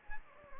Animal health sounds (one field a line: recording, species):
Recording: mosquito wingbeat signal from an infrared sensor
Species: Anopheles gambiae